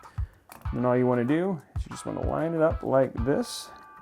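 A first RAM module is lined up with the key on a motherboard memory slot while someone talks, with brief faint handling ticks near 0.2 s and 0.5 s and a small tick at the very end. The module is only being positioned and is not yet home; nothing has seated or clicked yet.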